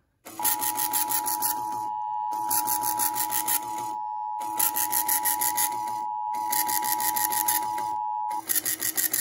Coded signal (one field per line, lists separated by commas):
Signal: Emergency Alert System (SAME) tones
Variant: 853 and 960 Hz attention tone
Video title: EAS Flash Flood Warning for Kentucky Counties (EAS #235)